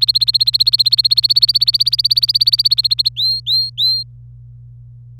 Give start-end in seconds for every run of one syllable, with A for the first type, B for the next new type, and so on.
0.00-3.09 A, 3.16-4.04 B